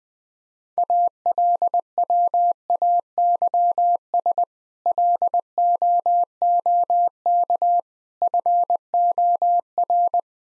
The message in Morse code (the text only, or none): ALWAYS LOOK FOR